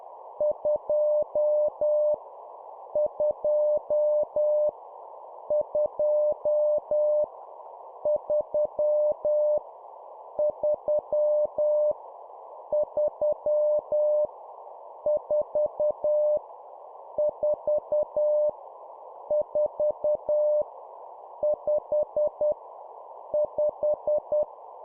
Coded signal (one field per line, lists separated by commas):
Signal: Morse code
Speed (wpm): 10 wpm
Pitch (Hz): 600 Hz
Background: none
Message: 2 2 2 3 3 3 4 4 4 5 5